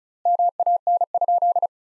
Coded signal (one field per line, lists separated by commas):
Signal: Morse code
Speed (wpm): 34 wpm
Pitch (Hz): 700 Hz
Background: none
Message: MAN?